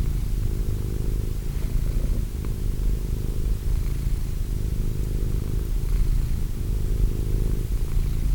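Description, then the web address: Cat purring, a steady deep rumble with gentle rhythmic swells and nothing else clear. Cat named Wilson. "~pelikas CATSOUNDS Wilson Cat"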